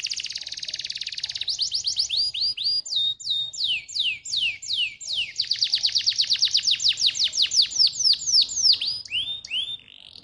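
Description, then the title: Atlantic canary song, opening with a buzzy roll, then repeated downslurred whistles and fast trills, fading at the end. Canary song played to warm up and stimulate canaries so they start singing. "Canto Para Esquentar Canário Belga. SUARA MASTERAN AMPUH BANYAK BURUNG KENARI CEPAT BUNYI GACOR DENGAN SUARA KENARI INI"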